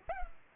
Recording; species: mosquito wingbeat signal from an infrared sensor; Culex pipiens